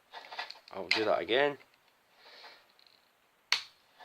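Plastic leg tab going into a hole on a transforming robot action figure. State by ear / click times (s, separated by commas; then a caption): seated / 3.5 s. A plastic leg tab on a Transformers Titans Return Voyager Class Astrotrain transforming robot action figure is pushed up into its hole. Someone talks, and then a single sharp, loud click at 3.5 seconds shows that the tab has seated into place.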